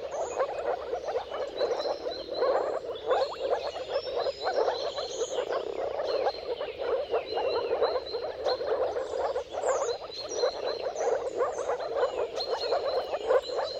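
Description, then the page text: Moor frogs in full chorus, continuous overlapping low croaks forming a bubbling wash, with scattered faint bird calls. Moor frogs in a mating chorus at sunrise at the turn of March and April, timing depending on the weather. "Dawn’s Chorus: Mating Calls of Marsh Frogs at Sunrise. Depending on the weather at the turn of March and April, you can witness an amazing spectacle of moor frogs. Jakub Orzecki. earth.fm"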